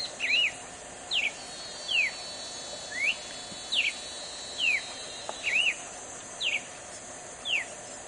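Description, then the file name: Red-crested cardinal singing bright, slurred whistled notes, mostly falling, spaced roughly a second apart, over a steady background hiss. "canto do cardeal de topete vermelho"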